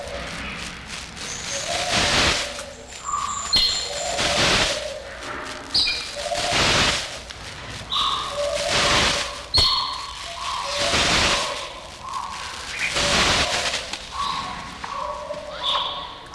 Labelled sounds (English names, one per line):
Sulawesi Myna